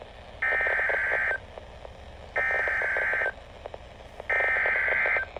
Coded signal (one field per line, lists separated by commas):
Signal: Emergency Alert System (SAME) tones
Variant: header bursts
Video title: EAS Alerts from April 14-15, 2024 [EAS #1,302-1,313]